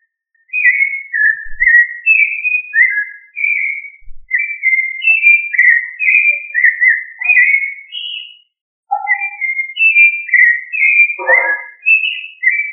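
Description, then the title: Thrush singing a run of clear, downslurred whistles one after another, a short gap, then more varied whistled notes including a lower burbling phrase. "Familia Turdidae - Sabia"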